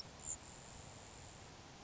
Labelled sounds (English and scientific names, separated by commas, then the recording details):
Grasshopper Sparrow (Ammodramus savannarum)
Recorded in Sonoma County, California